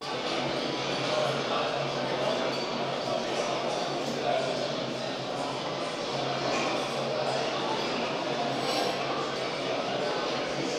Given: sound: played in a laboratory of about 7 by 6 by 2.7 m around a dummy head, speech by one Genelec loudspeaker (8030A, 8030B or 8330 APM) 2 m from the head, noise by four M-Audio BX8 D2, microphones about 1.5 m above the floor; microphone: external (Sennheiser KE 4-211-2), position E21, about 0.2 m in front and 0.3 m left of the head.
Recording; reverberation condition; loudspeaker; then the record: cafeteria noise; high; four, about 170 cm from the corners of the room and facing them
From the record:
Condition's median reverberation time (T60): about 1300 ms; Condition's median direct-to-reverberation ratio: about -4.0 dB